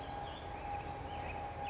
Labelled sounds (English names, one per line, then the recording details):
California Towhee
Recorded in Sonoma County, California